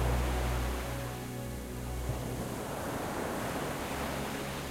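Ocean surf rolls in at night in a steady, hissing wash over a deep low rumble, swelling slightly near the start and then holding even. No voices are heard.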